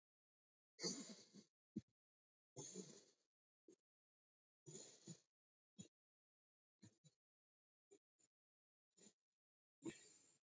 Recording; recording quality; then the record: shallow breathing; excellent, no background noise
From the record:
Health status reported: COVID-19 positive, mild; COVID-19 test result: positive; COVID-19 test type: RT-PCR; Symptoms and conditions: cold, fever, loss of smell and taste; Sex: male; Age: 27 years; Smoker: no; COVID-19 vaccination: both doses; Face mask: not worn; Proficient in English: yes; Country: India